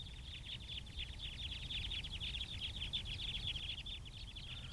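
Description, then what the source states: Crossbill flock calls: many short, high chip notes crowding together rapidly and continuously, over a steady roar of wind. Flock flying overhead giving flip flip or chip chip calls; Fayetteville Country Club, Arkansas, among pines; windy day, December 2012; winter irruption of crossbills.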